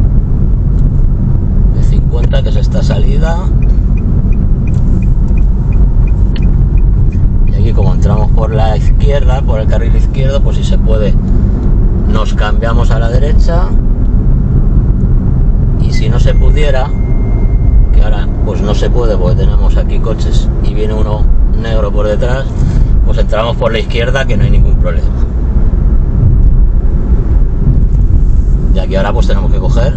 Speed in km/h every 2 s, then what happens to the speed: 37, 37, 36, 37, 38, 40, 42, 43, 44, 46, 47, 49, 49, 42, 35.
0-7 steady at about 37. 7-24 speeds up to 49. 24-30 slows to 35.